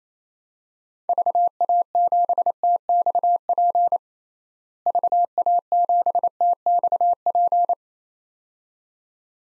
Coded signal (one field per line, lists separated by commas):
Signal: Morse code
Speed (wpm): 28 wpm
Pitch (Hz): 700 Hz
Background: none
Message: VA7TXP VA7TXP